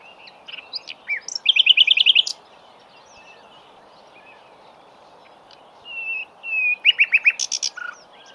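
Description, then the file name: Common nightingale singing a fast, rattling trill, a quiet pause, then soft whistled notes leading into another quick series of repeated chips. "Luscinia megarhynchos"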